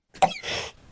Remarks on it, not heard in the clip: I can't laugh too hard because otherwise my lungs seize up. And I start coughing. I highly recommend having a reduced lung capacity. when you hear me coughing after I start laughing.